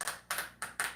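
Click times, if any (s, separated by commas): 0.0 s, 0.3 s, 0.6 s, 0.8 s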